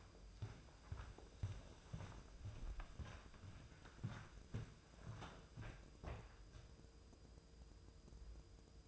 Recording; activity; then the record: daily activity, microphone in the room; walk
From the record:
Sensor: 2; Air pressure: 995.8 hPa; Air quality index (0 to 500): 246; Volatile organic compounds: 1000 ppm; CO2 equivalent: 6071 ppm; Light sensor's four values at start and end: 32/76/33/37 and 34/79/35/39